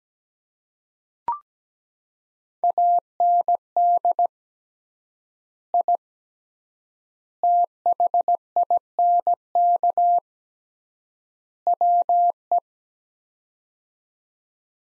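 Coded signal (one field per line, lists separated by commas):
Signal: Morse code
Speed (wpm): 17 wpm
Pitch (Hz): 700 Hz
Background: none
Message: AND I THINK WE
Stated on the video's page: Morse practice set of four-word groups at 17 wpm with 3x word spacing, a Farnsworth-like method using words, for head-copy training.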